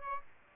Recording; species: mosquito wingbeat signal from an infrared sensor; Aedes aegypti